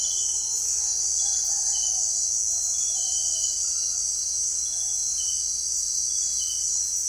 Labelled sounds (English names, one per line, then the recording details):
none
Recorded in dense forest near Puerto Asís, Putumayo, Colombia, on 20 February 2024 at 18:00
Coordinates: 0.485, -76.325
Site G6429